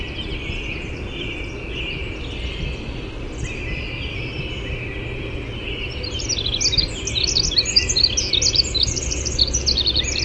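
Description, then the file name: Winter wren song: long, fast, high tinkling trills and warbles running on continuously over a steady low rushing background, growing stronger toward the end. "WIWR song"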